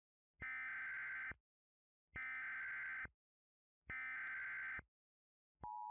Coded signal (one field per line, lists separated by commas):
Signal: Emergency Alert System (SAME) tones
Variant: header bursts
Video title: An Unfinished EAS Scenario.